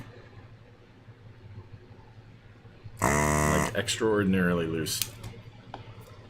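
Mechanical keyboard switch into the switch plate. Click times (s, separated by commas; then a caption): 5.7 s. A mechanical keyboard switch on an E6-V2 board with lubed, retooled black switches and an extraordinarily loose plate. It partly comes out of the switch plate while being pressed and snaps back in with a short click at 5.7 seconds. Low background hum runs throughout, and someone talks from about 3.0 to 5.0 seconds.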